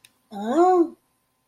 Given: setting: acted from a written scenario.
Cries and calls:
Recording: vocal sound without words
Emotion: negative surprise

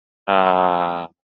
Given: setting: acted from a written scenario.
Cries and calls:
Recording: vocal sound without words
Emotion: ecstasy

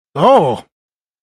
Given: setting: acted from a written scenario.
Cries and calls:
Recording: vocal sound without words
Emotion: negative surprise

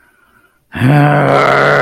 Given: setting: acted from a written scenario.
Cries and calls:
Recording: vocal sound without words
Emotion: contempt

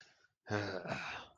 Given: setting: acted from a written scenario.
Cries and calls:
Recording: vocal sound without words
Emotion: contentment

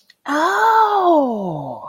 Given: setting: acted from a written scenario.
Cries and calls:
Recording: vocal sound without words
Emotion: realization

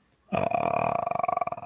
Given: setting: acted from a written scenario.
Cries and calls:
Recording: vocal sound without words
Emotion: pride

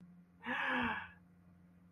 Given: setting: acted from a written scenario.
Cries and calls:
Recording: vocal sound without words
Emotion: elation

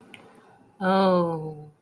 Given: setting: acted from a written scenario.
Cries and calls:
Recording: vocal sound without words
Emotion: realization

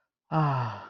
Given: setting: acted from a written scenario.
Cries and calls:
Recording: vocal sound without words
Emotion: romantic love

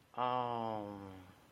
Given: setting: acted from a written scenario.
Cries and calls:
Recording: vocal sound without words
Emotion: awe

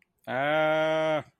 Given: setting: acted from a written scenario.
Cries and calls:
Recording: vocal sound without words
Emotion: distress

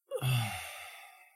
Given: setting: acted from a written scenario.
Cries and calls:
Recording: vocal sound without words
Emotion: ecstasy

